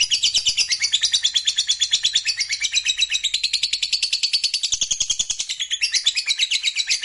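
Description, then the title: Lovebird song: a dense, rapid, high-pitched twittering chatter, continuous and energetic from start to finish. Fighter lovebird singing energetically (gacor). "Berkat SUARA Lovebird FIGHTER GACOR Ini"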